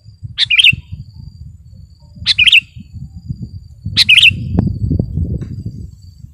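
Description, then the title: Sooty-headed bulbul giving three bubbly chirped phrases about two seconds apart, against a continuous low rumbling noise. "kutilang"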